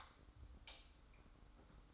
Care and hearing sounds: daily activity, microphone in the room; light off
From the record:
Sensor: 3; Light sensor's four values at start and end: 39/95/38/36 and 36/87/35/33

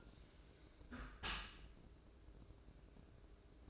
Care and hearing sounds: daily activity, microphone in the room; close dishwasher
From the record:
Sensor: 2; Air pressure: 1012.2 hPa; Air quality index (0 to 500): 147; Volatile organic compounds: 2 ppm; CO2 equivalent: 1081 ppm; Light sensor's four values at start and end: 423/1051/426/433 and 424/1052/427/433

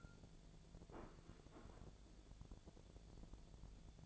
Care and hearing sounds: daily activity, microphone in the room; place plate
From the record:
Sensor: 5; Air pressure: 1000.3 hPa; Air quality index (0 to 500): 122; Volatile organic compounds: 1 ppm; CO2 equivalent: 973 ppm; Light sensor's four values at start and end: 95/225/96/103 and 96/226/96/104

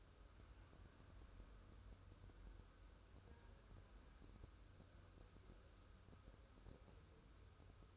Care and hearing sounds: daily activity, microphone in the room; wipe stove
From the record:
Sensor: 2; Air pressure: 1015.0 hPa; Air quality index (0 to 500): 44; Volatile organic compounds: 1 ppm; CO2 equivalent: 607 ppm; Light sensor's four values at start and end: 13/35/13/15 and 13/35/13/15

